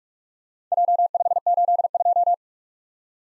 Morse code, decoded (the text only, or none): J582